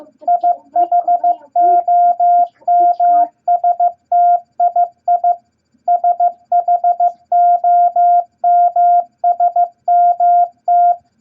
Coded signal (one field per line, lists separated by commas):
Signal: Morse code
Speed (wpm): 15 wpm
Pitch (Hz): 700 Hz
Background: none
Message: IHOMSTII SHOMSMT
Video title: Morse Code Practice Beginner Set EISHTMO At 15 Words Per Minute #3!